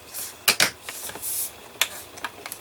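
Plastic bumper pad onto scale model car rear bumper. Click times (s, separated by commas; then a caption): 0.5 s. A plastic bumper pad for a DeLorean scale model partwork is pressed onto the model's rear bumper and snaps into place at about 0.5 s, with a sharp plastic click. More light plastic taps and handling noises follow around 0.6, 1.8, 2.2 and 2.5 s. The pad ends up seated on the rear bumper.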